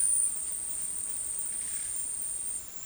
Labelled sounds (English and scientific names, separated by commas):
none